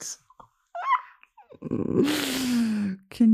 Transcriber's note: laughs